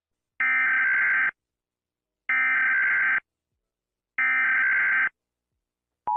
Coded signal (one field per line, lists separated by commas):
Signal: Emergency Alert System (SAME) tones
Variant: header bursts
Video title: comparison: EAS Alarm sounds around the world